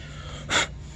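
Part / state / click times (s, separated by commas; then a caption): brake pad hardware clip into caliper bracket / not seated / none. During a rear brake pad and rotor replacement on a 2015 Ford Taurus, a new metal anti-rattle/abutment clip from the hardware kit is being handled at the caliper bracket. A brief broadband rustle or scrape rises around 0.5–0.7 s over a steady low hum. Nothing has seated or clicked yet.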